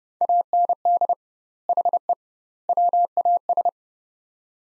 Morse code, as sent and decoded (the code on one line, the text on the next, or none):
.- -. -.. / .... . / .-- .- ...
AND HE WAS